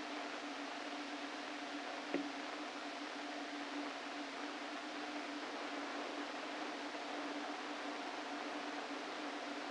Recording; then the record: brain microelectrode recording played as sound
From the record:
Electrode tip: inside the subthalamic nucleus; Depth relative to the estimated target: 0 mm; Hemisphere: left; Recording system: NeuroSet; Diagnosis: Parkinson's disease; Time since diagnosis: 13 years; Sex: male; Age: 49 years